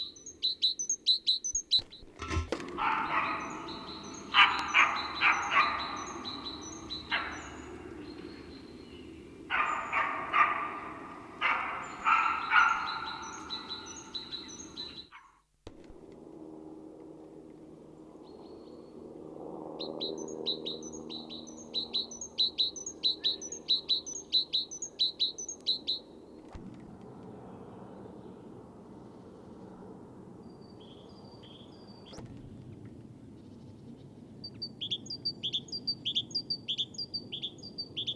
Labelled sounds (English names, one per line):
Great Tit call